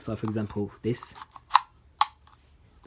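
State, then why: Seated. Someone talks, then a plastic attachment is pushed onto the wand of a Dyson V8 Animal cordless vacuum cleaner. A sharp click at 2.0 s shows the attachment's clip latching into the wand connector. The attachment is seated with a more secure, more satisfying click than on the older Dyson V6 Animal.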